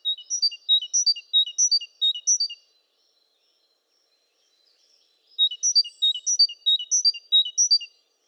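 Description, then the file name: Great tit song: two bright strophes of quick repeated phrases, high and clear, with silence between them. "Parus major"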